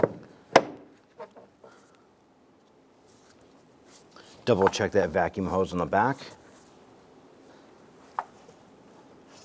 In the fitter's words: and press down and you'll hear these two snap into place